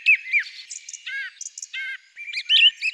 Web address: Turdus philomelos